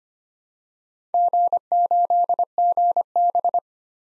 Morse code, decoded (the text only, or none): G8GB